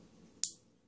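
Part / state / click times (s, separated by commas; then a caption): razor blade into safety razor head / seated / 0.4 s. The head of a RazoRock Stealth Slant safety razor closes on a freshly inserted blade with a single sharp, bright click at 0.4 s, followed by a short fading ring and then quiet low hum. The click marks the head locking the blade in place, so the blade is seated.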